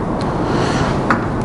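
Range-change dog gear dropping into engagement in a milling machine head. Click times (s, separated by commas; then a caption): 1.1 s. On a Bridgeport belt-drive milling machine being changed from low to high range, the spindle is turned by hand until the range-change gear drops into the steel dog gear. Over a steady broadband background hum, a single sharp pop sounds at 1.1 s as the dog clutch seats into engagement.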